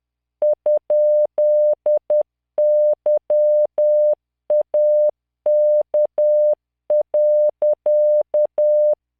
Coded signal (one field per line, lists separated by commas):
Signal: Morse code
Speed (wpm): 10 wpm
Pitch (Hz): 600 Hz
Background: none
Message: ?YAK.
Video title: tamanのモールス練習動画85（モールス信号 速度10WPM morse code)